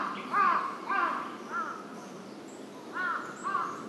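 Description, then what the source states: Large-billed crow giving a steady series of hoarse arched caws, roughly two per second with a pause midway, over a soft background hiss. Recorded 23 May 2007.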